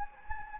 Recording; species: mosquito wingbeat signal from an infrared sensor; Anopheles gambiae